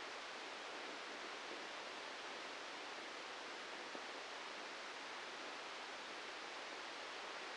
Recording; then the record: brain microelectrode recording played as sound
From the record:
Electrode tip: outside the subthalamic nucleus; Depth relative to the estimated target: 2 mm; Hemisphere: left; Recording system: NeuroSet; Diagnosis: Parkinson's disease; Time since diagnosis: 13 years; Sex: male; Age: 63 years